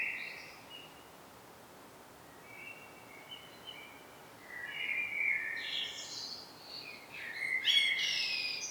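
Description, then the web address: Common blackbird singing: soft fluted warbles early on, then louder mellow phrases ending in a squeaky high twitter near the close, with steady background hiss. "pub SETE data Turdus merula"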